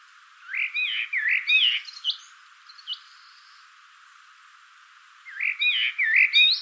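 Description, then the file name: Common blackbird singing two mellow, warbled whistled phrases that end in thin, high twittering, separated by a pause of about two seconds. "Turdus merula"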